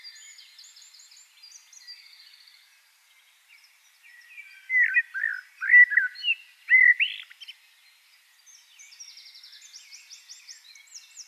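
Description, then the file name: Eurasian blackbird giving a short burst of fluty, warbling notes midway, while faint high chirping from other birds runs before and after. "Turdus merula"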